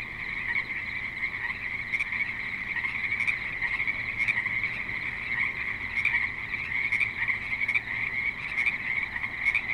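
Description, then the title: Many frogs calling together in an unbroken trilling chorus, with occasional sharp clicks standing out over the steady drone. Frogs calling at a creek in suburban Spanish Springs, Nevada, USA. "Frogs in Spanish Springs, NV - creek view"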